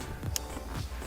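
A plastic retaining clip on the rear door trim panel of a Ford Fiesta Mk7, not fully in, is slid from the larger hole and pushed into its slot. A short sharp click sounds at 0.4 s as the clip seats, with a softer knock just before it and a low hum throughout.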